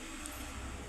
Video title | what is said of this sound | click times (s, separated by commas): கும்பகோணம் பழைய பித்தளை வெண்கல பொருட்கள் விற்பனைக்கு #viral #trending #views | ஸோ இது லாக் ஆகுமா அப்படின்னு கேட்டிங்கன்னா இது கண்டிப்பாக லாக் ஆகும். இங்கே பாருங்களேன், ஸோ | 0.3 s